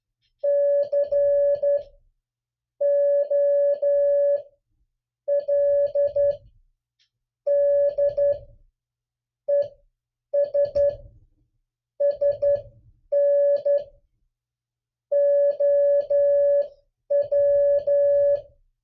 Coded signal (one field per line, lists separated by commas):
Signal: Morse code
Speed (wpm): 11 wpm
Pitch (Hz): 570 Hz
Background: none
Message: COLD ES SNOW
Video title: MORSE CODE COPY PRACTICE #8